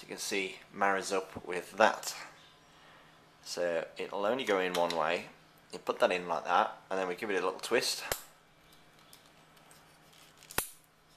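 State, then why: Seated. Someone talks while lining up a 3-pin plug head with the body of an HTC Wildfire phone charger, which only fits one way. The plug head is given a little twist, and faint ticks lead into a sharp click at 10.6 s as it clicks into place and is seated.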